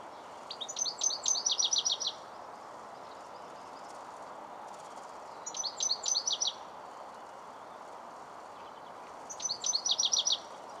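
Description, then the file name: European goldfinch giving three bursts of quick, high, liquid twittering notes a few seconds apart, with a constant low hiss behind. "Carduelis carduelis"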